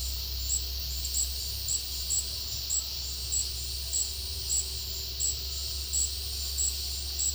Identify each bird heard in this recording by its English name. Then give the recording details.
none. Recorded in dense forest near Puerto Asís, Putumayo, Colombia, on 20 February 2024 at 12:30. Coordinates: 0.496, -76.326. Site G6383